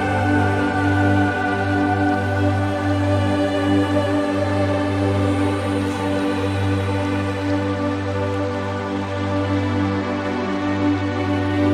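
Calm meditation music holds a steady, unbroken drone of layered sustained tones with a deep low hum, unchanging in loudness throughout.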